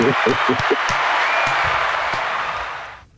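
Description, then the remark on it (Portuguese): A round of applause: many hands clapping in a dense, steady wash that holds for about three seconds before cutting off abruptly, with a few voices underneath at the start. “Quer ter uma salva de palmas aí pra soltar?”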